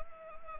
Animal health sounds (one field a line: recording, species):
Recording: mosquito wingbeat signal from an infrared sensor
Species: Anopheles gambiae